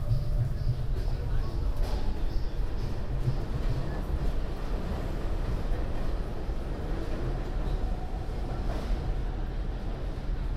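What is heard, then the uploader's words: A subway ride recorded binaurally on the N and 1 trains in New York. A steady, dense low rumble of the train runs throughout, with faint clattering and a thin high hiss above it. Indistinct voices may sit under the noise. A binaural field recording, from my studio in Sunset Park to my apartment in Harlem. Hop on the N at 36th Street, transfer at Times Square and head uptown on the 1.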